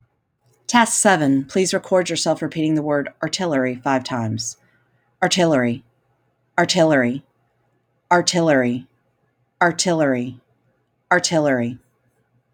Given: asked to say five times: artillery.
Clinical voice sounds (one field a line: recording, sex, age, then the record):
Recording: repeated word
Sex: female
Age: 40 to 49 years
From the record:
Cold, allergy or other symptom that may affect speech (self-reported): no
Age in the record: 43 years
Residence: North Carolina, United States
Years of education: 20